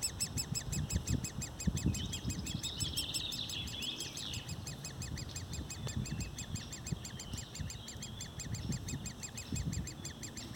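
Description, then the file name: Woodpecker calls repeated in a fast, regular series of short notes, over low rumbling. Recorded 6 July 2019. "Specht"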